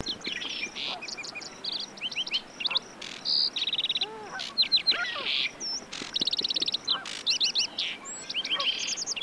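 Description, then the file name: Lark sparrow song, a varied jumble of buzzy trills, clicks and short whistled notes in quick phrases. "Chondestes grammacus"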